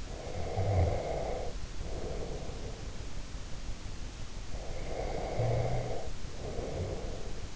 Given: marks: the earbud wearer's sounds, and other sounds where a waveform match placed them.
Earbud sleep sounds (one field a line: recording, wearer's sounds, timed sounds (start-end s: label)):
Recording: sounds in sleep by an in-ear microphone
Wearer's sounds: snoring breath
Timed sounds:
0.02-2.85 s: snoring breath
4.44-7.55 s: snoring breath